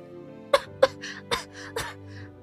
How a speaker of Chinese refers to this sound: 眼泪汪汪把汤一饮而尽，然后被齁的咳嗽了半天。